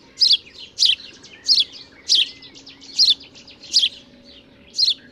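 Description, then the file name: House sparrow giving loud chirps, one roughly every half second to one second, over a faint low background hum. "Passer domesticus"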